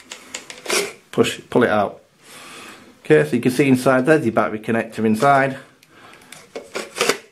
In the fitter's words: that simply locks into place there now